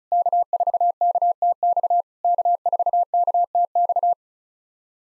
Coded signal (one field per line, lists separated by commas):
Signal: Morse code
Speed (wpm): 36 wpm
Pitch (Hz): 700 Hz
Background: none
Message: K4KTX K4KTX